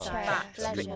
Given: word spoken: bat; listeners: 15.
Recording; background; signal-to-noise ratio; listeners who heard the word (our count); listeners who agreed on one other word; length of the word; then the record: one English word in noise, from a listening test; four-talker babble; -0.5 dB; 1 of 15; 9 of 15; 0.56 s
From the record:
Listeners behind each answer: 9, 2, 1, 1, 1, 1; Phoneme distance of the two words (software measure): 27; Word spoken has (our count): 1 syllable, 3 phonemes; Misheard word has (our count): 1 syllable, 2 phonemes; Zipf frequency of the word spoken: 4.30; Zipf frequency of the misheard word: 4.66